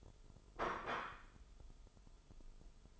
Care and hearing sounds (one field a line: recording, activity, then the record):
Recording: daily activity, microphone in the room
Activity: place plate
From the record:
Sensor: 5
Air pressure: 988.7 hPa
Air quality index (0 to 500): 236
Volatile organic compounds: 200 ppm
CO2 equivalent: 4213 ppm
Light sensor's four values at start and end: 40/125/48/51 and 40/125/48/51